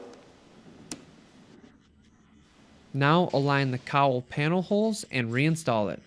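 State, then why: Seated. A windshield washer hose quick-connector is pushed back onto the washer fluid line fitting under the cowl, and a single sharp click at 0.9 s confirms it has seated and locked. Low background noise follows before someone talks from about 3 seconds on.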